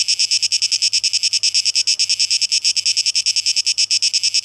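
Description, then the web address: Cicada song: a shrill, high, pulsing buzz throbbing quickly and evenly. Recorded 12 August 2023; tape echo mix. "rauschpartikel Audio 2023-08-12 Zikaden"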